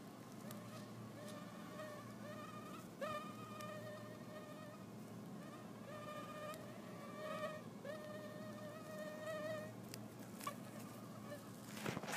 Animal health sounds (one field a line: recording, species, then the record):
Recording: mosquito flight sound by mobile phone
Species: Anopheles gambiae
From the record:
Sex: female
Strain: Kisumu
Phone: iPhone 4S